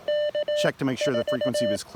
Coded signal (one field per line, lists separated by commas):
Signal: Morse code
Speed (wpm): 18 wpm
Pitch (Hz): 590 Hz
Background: speech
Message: K4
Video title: POTA Activation with the Elecraft KX1, KX2, and an antenna that was too short